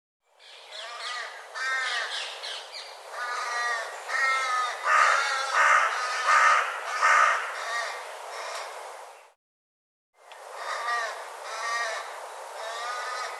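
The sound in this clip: Bird calls in long runs of many harsh, grating caws, briefly breaking off before another run starts.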